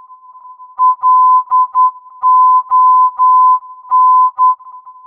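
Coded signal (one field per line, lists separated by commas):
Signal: Morse code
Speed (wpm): 10 wpm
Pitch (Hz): 1010 Hz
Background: none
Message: LON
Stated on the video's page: Morse ident of the London "LON" VOR, an AM beacon on 113.6 MHz (exactly 113.599579 MHz).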